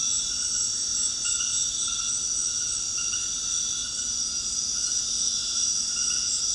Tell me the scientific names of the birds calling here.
none